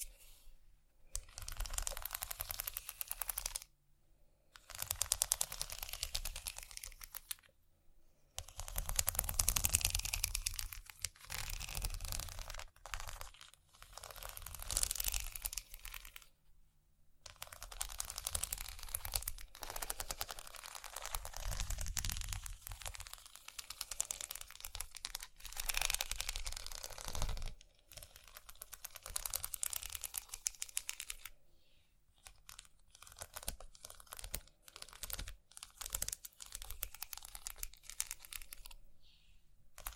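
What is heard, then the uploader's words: Dry scratching on a surface comes in bursts of a few seconds, separated by brief silent pauses. The sound is bright and raspy with quick, uneven strokes and some crinkly, papery texture. ASMR Scratching.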